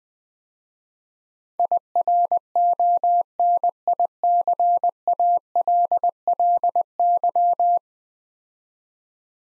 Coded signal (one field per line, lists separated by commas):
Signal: Morse code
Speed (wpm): 20 wpm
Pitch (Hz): 700 Hz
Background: none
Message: IRONICALLY